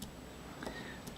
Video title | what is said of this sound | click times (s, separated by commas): Retina 1a servicing 04: Reassembling the shutter continued. | you can see there clicks into place | 0.0 s